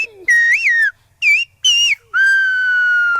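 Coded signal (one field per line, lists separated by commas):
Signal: whistled language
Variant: Silbo Gomero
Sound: loud clear whistles gliding up and down in four phrases, the last held long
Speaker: On the island of La Gomera, the Silbo Gomero whistle language echoes across canyons carrying full sentences through pitch and rhythm.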